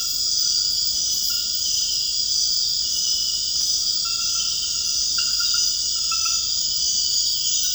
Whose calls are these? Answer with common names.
none